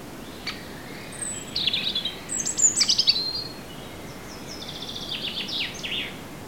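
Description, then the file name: European robin song: a run of high, thin, tumbling phrases with quick rising and falling whistles and trills, loudest in the middle, over steady soft background noise. "Erithacus rubecula"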